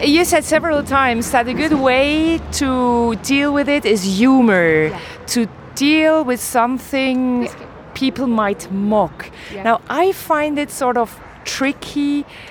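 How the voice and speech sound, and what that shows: Fluent, clear adult speech asking a question about using humour to deal with mockery, with normal rhythm and pauses, and faint low hum behind.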